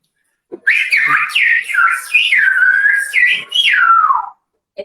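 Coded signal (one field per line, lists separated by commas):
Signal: whistled language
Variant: Silbo Gomero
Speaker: y yo le digo a las cosas y que ella vaya traduciendo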